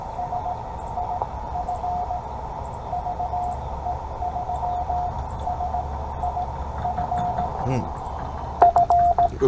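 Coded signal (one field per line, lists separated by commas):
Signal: Morse code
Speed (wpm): 17 wpm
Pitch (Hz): 700 Hz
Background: none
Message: SIF VE3SIF F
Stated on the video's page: Park (POTA) activation, calling for over an hour and a half with few contacts; captioned CW copy practice.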